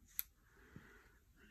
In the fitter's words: all the way up till it hits that detent and then it clicks right on top of it okay